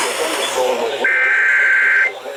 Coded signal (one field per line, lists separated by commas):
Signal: Emergency Alert System (SAME) tones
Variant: header bursts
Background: speech